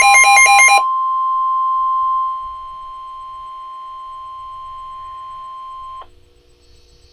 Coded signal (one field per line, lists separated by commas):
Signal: Emergency Alert System (SAME) tones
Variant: 1050 Hz attention tone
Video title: Coastal Flood Warning [EAS 585] | NOAA Weather Radio (9/18/2012)